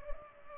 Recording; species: mosquito wingbeat signal from an infrared sensor; Culex pipiens